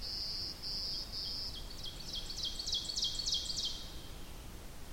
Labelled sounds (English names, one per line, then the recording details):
Ovenbird song
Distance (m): 65 m
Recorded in boreal forest in Alberta, Canada, on 8 June 2016 at 08:11
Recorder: SongMeter 3, array SBT-3-9
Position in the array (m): 179 m, 32 m
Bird 34